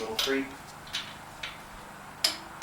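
A torque wrench tightens the next fastener on a VW engine, which creeps, turning a little further before the wrench clicks at its setting at 2.3 s. Faint ticks are heard at about 1.0 s and 1.4 s, and another at 2.6 s, while someone talks.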